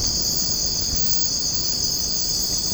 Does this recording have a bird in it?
no